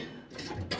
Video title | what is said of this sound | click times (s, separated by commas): SPEED QUEEN COMMERCIAL DRYER. HOW TO TROUBLESHOOT AND REPLACE AN IGNITOR. | there you go then you hear that click so now we're gonna plug our | 0.7 s